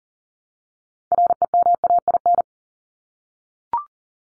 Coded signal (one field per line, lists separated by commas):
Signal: Morse code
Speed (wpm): 40 wpm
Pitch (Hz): 700 Hz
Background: none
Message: REMAIN